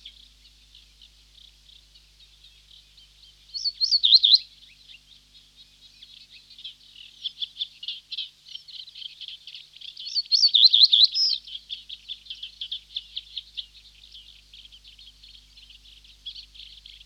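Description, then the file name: Reed bunting song, two high wavering phrases about six seconds apart over a steady background of rapid, ticking bird chatter. "Reed Bunting (Emberiza schoeniclus)"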